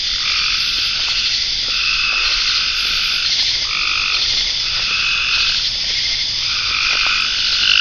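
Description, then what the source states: Frog chorus of repeated buzzy trills, set against a continuous high-pitched insect buzz. Frogs in ponds near a pond in a forest wildlife management area, with crickets and cicadas.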